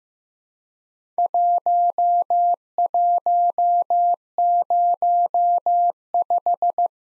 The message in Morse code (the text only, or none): 1105